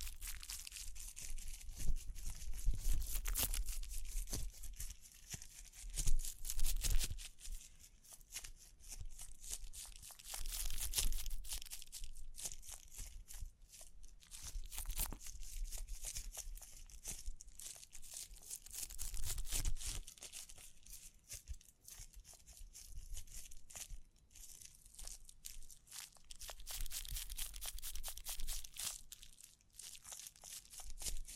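Dense crinkling and scratching with brushing strokes and scattered taps, bright and busy throughout, with louder crunchy bursts near 3, 7 and 11 seconds.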